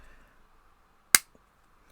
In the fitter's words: it's got a good snap